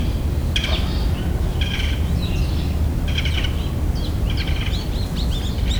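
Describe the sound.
Bird calls: a series of short, bright chirping bursts repeated at short, irregular intervals, with a few quick slurred notes near the end, over a constant low rumble.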